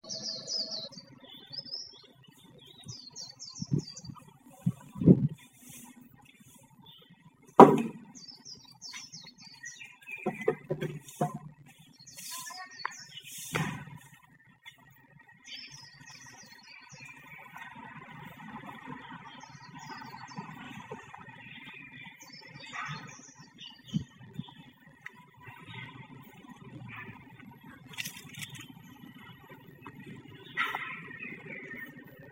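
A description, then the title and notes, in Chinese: Birds chirp in short, scattered bursts over thirty seconds, with thin high calls mixed among lower murmuring sounds. Sharp clicks and knocks punctuate the first fifteen seconds, especially around five and eight seconds, then the scene settles into a quieter, steady background. 能听见鸟叫声吗？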